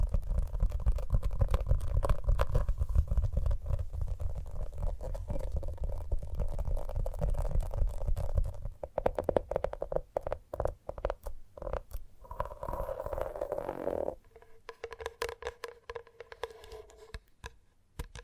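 Gentle tapping, with soft clicks and taps over a low rumbling hum that fills the first half. After about nine seconds the rumble thins and the taps come sparser and sharper, with a humming tone rising around twelve seconds, then quieter scratchy tapping to the end.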